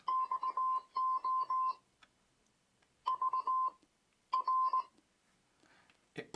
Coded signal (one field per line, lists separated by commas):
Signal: Morse code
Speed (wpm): 17 wpm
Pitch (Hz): 1040 Hz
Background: none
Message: XO VR